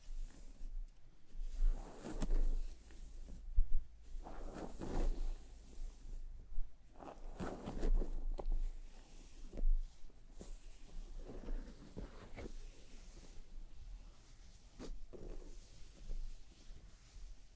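A scalp is massaged and hair brushed in soft, scratchy strokes that swell and fade every second or so at an unhurried, fairly even pace. Brief sharper clicks cut in now and then, over a low, steady hum with short quiet gaps between strokes.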